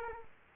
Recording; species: mosquito wingbeat signal from an infrared sensor; Culex quinquefasciatus